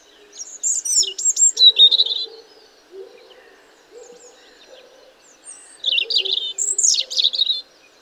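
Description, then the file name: European robin song: two bursts of high sparkling phrases of quick notes and trills, with softer lower notes between them. "Erithacus rubecula"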